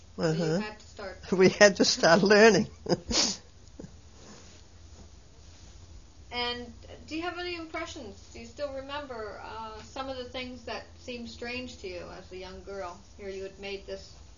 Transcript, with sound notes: So you had to start--
We had to start learning (she laughs)
And do you have any impressions, do you still remember some of the things that seemed strange to you as a young girl, here you had made this